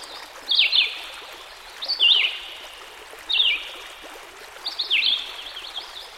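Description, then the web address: Red-eyed Vireo singing brief slurred whistled phrases, spaced roughly a second and a half apart against flowing stream water. By a stream. "Dan Gibson Songbirds By The Stream. Red - Eyed Vireo"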